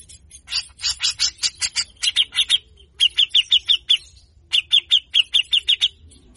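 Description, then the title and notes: Grey-cheeked bulbul giving three bursts of rapid, scratchy rasping notes. Training song for songbird keepers, a talkative bird in full harsh burst style (besetan kasar). "MASTERAN CUCAK JENGGOT GACOR FULL BESETAN KASAR. Burung cucak jenggot"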